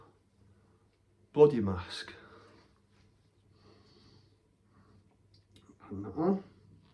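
A bloody plastic mask piece is handled near an action figure's head as part of swapping the figure's face piece, while someone talks. Only faint handling sounds are heard between the speech, including two brief taps around 5.3 and 5.6 seconds. Nothing has seated or clicked yet; the mask has not snapped onto the head.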